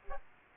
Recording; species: mosquito wingbeat signal from an infrared sensor; Aedes aegypti